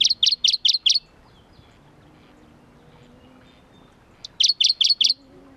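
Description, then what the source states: Shrub frog calls: two quick series of five sharp, high clicking pulses, about a second each, separated by roughly three seconds of quiet with faint whistles behind. Recorded at Kuda on 28 June 2012.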